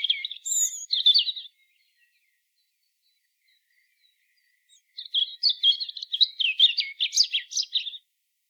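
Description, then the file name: European robin song in two bursts: a brief high twitter, then after a silent gap a longer, scratchy, rapidly varied phrase of trills and thin notes. "Erithacus rubecula"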